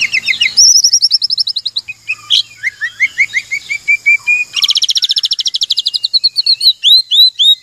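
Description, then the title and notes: Oriental magpie-robin delivering fast, high repeated notes in long trilled runs, some pure and some harsher, with a few looping whistles near the end. Long-duration kacer 'isian' filler song of an Oriental magpie-robin, used to train birds to sing actively day and night. "Kacer Jadi Gacor Siang Malam. Isian Kacer Durasi Panjang"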